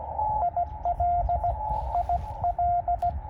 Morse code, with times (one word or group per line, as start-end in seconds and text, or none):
0.4-1.5 IL
2.0-3.1 IL